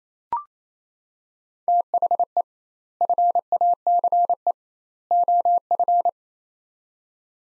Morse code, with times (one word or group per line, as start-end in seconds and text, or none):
1.7-2.4 THE
3.0-4.5 FACE
5.1-6.1 OF